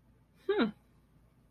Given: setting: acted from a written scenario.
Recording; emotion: vocal sound without words; interest